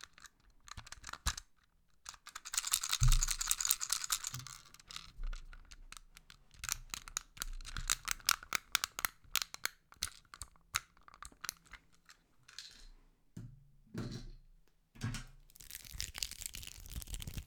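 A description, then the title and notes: Fidget toys being handled: bursts of dense crinkling and rattling, quick sharp clicks and snaps, with short silences between. A louder, fuller stretch of rustling around three seconds, and a hissing scrunch near the end. ASMR With Fidget Toys! I do some ASMR with all different types of Fidget toys!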